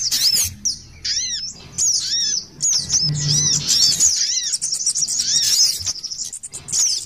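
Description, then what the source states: Little spiderhunter song: rapid high-pitched chattering chirps broken by short pauses, with arching downslurred notes recurring every second or so; a faint low hum in the background. Masteran song, used to train other birds.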